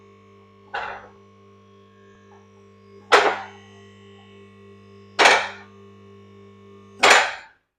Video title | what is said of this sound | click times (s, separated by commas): Autobench Car Lift Review | right you can hear that clicking if you watch this down there you'll see | 0.8 s, 3.1 s, 7.0 s